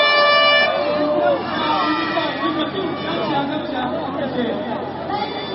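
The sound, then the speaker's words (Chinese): Loud, sustained horns blare at the start during Taiwan election results night, steady tones that give way to a dense wash of crowd chatter and babble, with more horn blasts sounding intermittently beneath the noise. “大家有听到吧，这个喇叭声八普的声音已经出来了。”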